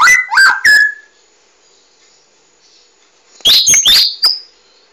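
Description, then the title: Oriental magpie-robin song, two bursts of sweet, varied whistled and chirped notes separated by a quiet pause of about two and a half seconds. "Kicau Kacer"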